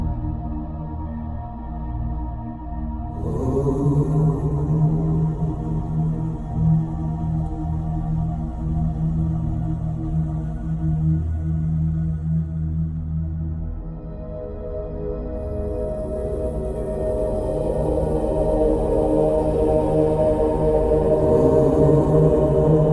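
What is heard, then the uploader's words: Sustained 432 Hz and 963 Hz tones layered into a dense, humming drone with a throbbing low end. A fuller swell enters around three seconds, and near fifteen seconds a thin, high shimmer joins as the middle tones brighten and grow louder. 432 Hz + 963 Hz.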